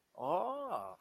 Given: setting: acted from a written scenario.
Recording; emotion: vocal sound without words; positive surprise